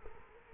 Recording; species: mosquito wingbeat signal from an infrared sensor; Culex quinquefasciatus